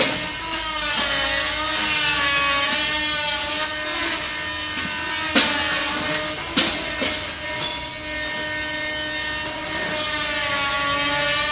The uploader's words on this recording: Restauratiewerkzaamheden aan de 3e Hogere Burger School aan de Mauritskade in Amsterdam. Restoration work on the 3rd Hogere Burger School (old name for secondary school) at the Mauritskade, Amsterdam.